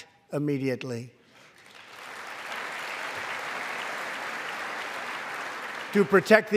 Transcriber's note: applause